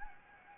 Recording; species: mosquito wingbeat signal from an infrared sensor; Anopheles gambiae